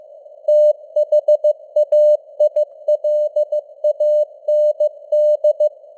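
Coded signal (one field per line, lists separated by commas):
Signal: Morse code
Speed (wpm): 15 wpm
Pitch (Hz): 600 Hz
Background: none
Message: THAILAND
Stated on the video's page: Computer-generated 15 wpm Morse news headlines with simulated radio noise and varying signal strength (QSB).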